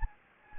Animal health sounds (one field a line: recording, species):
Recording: mosquito wingbeat signal from an infrared sensor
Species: Anopheles gambiae